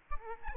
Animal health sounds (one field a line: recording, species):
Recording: mosquito wingbeat signal from an infrared sensor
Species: Aedes albopictus